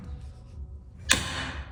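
A spring pop pin drops into the hole in a spinning bike seat post as the post is moved, giving one sharp click at 1.1 s over a low background hum. The pin seats in the hole.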